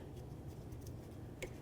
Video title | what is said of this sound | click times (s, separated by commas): How to Replace EGR Valve Dodge Journey 2009-2020 | we'll go ahead and press this in and then once it is we'll go ahead and lock it down listen | 1.4 s